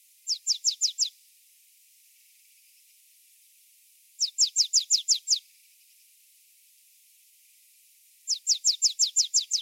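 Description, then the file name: Marsh tit delivering three regular bursts of several quick, high notes, repeated about every four seconds. "Poecile palustris"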